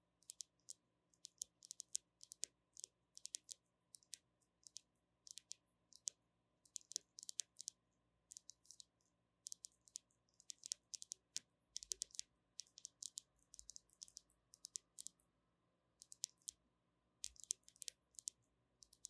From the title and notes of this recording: ASMR 抒壓放鬆的輕柔敲擊聲 | Gentle Tapping for Sleep | NO Talking.